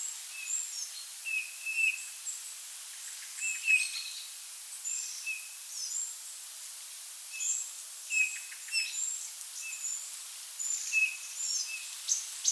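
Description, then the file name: Eurasian bullfinch giving low, soft piping whistles, single or paired, recurring throughout while other birds chirp and twitter at higher pitch. "Pyrrhula pyrrhula"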